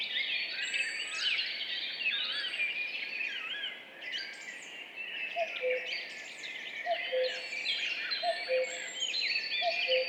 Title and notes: Duo de coucou. 14 mai 2019-Piste aux espagnols - Val Maravel - 5h20. Ici, un mémorable duo de deux coucous gris